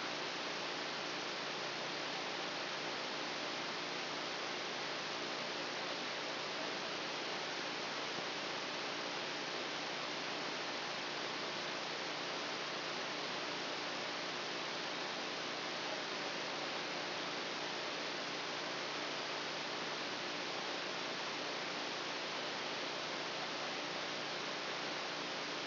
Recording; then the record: brain microelectrode recording played as sound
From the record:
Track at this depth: outside the subthalamic nucleus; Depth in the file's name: 5.106 mm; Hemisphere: left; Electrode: 2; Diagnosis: Parkinson's disease